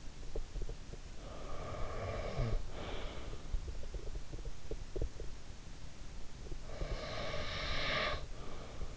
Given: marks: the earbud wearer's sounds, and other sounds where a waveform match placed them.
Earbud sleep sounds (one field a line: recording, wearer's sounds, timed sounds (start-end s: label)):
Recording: sounds in sleep by an in-ear microphone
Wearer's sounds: snoring breath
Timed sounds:
0.25-3.45 s: snoring breath
3.74-5.36 s: sound from someone else or the room
6.39-8.97 s: snoring breath